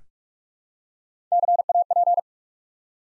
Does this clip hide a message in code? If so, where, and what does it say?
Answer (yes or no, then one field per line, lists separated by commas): yes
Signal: Morse code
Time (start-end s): 1.3-2.2 s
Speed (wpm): 44 wpm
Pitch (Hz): 700 Hz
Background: none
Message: CAP